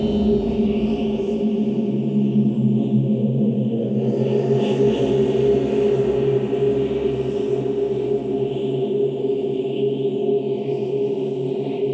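A futuristic drone hums steadily with low tonal bands, a thin bright shimmer above, and a slight swelling shift around four seconds.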